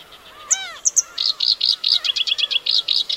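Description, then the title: Black-browed reed warbler singing a short phrase: sharp high notes, then quick buzzy chattering elements in a brisk rhythm, with faint lower bird calls behind. Recorded on Teuri Island, Hokkaido, Japan. "天売島（北海道）のコヨシキリ"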